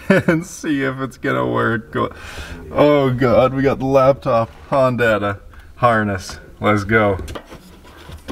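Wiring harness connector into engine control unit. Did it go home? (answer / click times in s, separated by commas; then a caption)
no / none. Someone talks while handling a wiring harness plug about to be pushed into a car's Honda engine computer, a socketed ECU fitted with a Hondata S300 V3 tuning board. Only speech and light handling sounds are heard, and the plug has not yet seated or clicked in.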